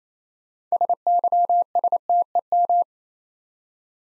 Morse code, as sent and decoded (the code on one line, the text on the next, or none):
... -.-- ... - . --
SYSTEM